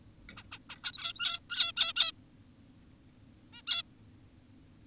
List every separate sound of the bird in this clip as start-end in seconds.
0.37-0.43, 0.52-0.59, 0.70-0.76, 0.84-1.40, 1.50-1.72, 1.77-1.93, 1.96-2.12, 3.53-3.62, 3.68-3.82